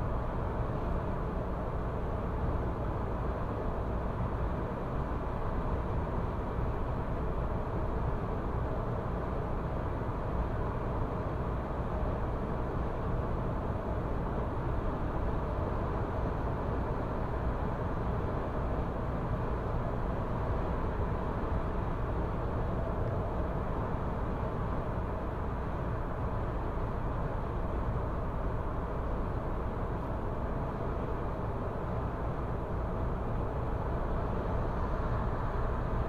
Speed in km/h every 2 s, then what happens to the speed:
106, 105, 106, 106, 106, 106, 106, 106, 106, 106, 105, 105, 106, 106, 106, 106, 105, 105.
0-36 steady at about 106.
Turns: none.